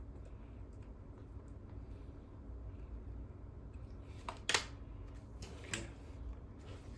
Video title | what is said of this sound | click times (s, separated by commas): Fixing the pedestal fan issue by replacing the failed Motor #diy #hometricks #fan #asmr #gadgets | okay இதுதான் உள்ள lock ஆயிடுச்சு. | 4.5 s